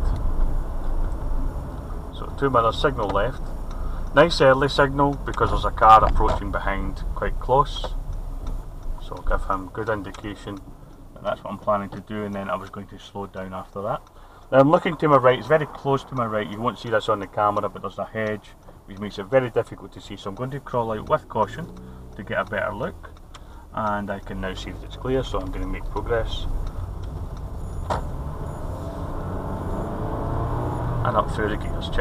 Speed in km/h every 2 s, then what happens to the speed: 24, 19, 16, 13, 10, 0, 0, 0, 0, 0, 0, 0, 2, 3, 13, 26.
0-10 slows to 0. 10-24 standing. 24-30 pulls away to 26.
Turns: none.